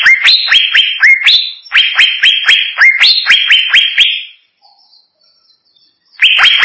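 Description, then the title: Greater green leafbird song, loud rising whistled notes repeated about twice a second in bursts, then a pause of nearly two seconds before the notes resume. "Cucak ijo"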